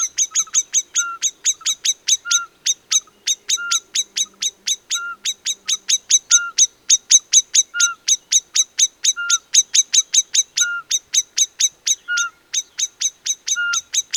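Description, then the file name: Common blackbird giving an unbroken rattle of sharp chink calls, several per second, with a short whistled note recurring at regular intervals throughout. "Turdus merula"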